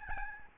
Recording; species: mosquito wingbeat signal from an infrared sensor; Aedes albopictus